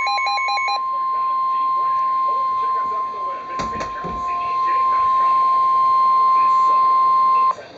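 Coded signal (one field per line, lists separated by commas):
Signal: Emergency Alert System (SAME) tones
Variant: 1050 Hz attention tone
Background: speech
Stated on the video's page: Severe thunderstorm warning alert.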